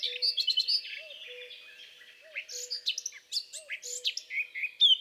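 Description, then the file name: Eurasian blackcap song: a quick scratchy warble of varied high notes, a quieter pause, then a second brighter burst of fluty phrases; a faint low hooting tone recurs beneath. "baratposzata"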